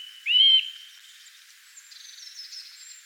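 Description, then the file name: Eurasian nuthatch call: one loud, clear whistled note near the start, followed by faint high twittering. "Sitta europaea"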